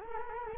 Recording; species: mosquito wingbeat signal from an infrared sensor; Culex quinquefasciatus